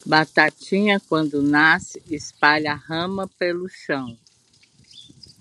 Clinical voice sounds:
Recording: short text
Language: Brazilian Portuguese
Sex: female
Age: 60 to 69 years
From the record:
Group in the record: control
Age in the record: 64 years

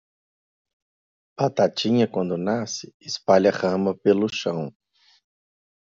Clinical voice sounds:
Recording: short text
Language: Brazilian Portuguese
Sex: male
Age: 30 to 39 years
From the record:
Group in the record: control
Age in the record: 34 years

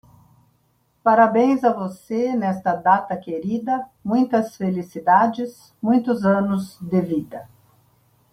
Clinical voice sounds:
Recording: short text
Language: Brazilian Portuguese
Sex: female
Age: 60 to 69 years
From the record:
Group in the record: control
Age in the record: 67 years

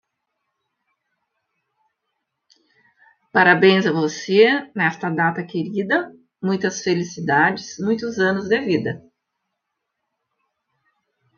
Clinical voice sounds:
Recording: short text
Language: Brazilian Portuguese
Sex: female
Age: 50 to 59 years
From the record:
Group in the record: control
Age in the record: 59 years

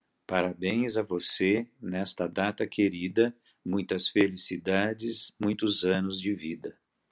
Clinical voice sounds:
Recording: short text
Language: Brazilian Portuguese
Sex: male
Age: 50 to 59 years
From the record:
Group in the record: control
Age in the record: 55 years

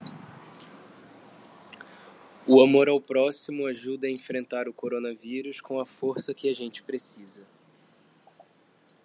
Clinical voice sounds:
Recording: spoken sentence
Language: Brazilian Portuguese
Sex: male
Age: 20 to 29 years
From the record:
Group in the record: control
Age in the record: 25 years

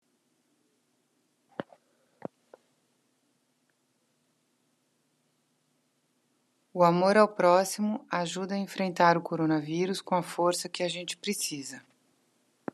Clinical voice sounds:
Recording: spoken sentence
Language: Brazilian Portuguese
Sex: female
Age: 50 to 59 years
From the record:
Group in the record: control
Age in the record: 53 years

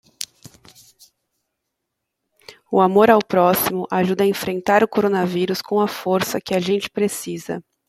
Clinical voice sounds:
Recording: spoken sentence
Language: Brazilian Portuguese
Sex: female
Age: 30 to 39 years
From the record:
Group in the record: control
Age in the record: 33 years

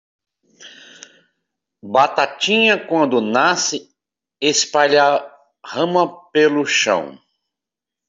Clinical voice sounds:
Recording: short text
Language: Brazilian Portuguese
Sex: male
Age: 50 to 59 years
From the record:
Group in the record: control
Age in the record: 52 years

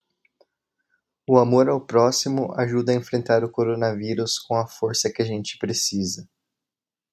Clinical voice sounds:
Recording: spoken sentence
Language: Brazilian Portuguese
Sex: male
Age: 20 to 29 years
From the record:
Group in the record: control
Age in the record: 25 years

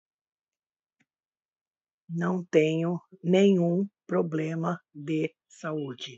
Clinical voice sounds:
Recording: short text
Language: Brazilian Portuguese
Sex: female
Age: 70 to 79 years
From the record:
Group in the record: control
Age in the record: 72 years

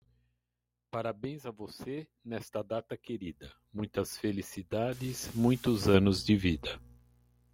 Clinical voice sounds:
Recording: short text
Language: Brazilian Portuguese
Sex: male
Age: 60 to 69 years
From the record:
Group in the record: control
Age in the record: 60 years

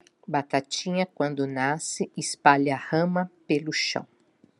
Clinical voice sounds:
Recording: short text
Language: Brazilian Portuguese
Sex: female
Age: 50 to 59 years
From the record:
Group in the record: control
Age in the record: 51 years

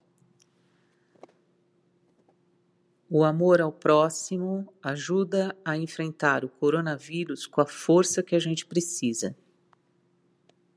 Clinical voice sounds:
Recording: spoken sentence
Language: Brazilian Portuguese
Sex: female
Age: 50 to 59 years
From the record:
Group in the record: control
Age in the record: 57 years

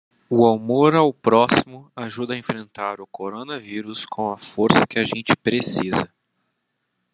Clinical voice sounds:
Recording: spoken sentence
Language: Brazilian Portuguese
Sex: male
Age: 20 to 29 years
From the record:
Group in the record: control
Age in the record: 28 years

